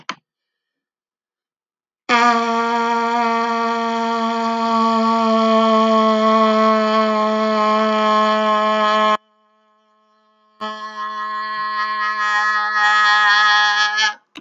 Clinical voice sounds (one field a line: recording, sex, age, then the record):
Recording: vowel held as long as possible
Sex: female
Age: 40 to 49 years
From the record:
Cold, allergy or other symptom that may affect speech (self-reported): no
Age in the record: 45 years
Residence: Florida, United States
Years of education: 13